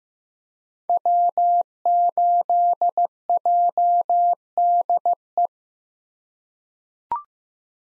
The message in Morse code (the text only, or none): W8JDE